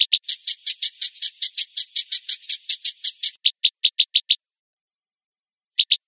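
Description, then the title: Long-tailed shrike song: a steady buzzy rattle of rapid harsh notes, then a string of separate sharp chirps, silence, and two final chirps. Kombinasi (combination) style recording. "Cendet Kombinasi"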